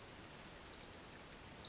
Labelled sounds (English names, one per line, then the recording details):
Pacific Wren
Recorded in Sonoma County, California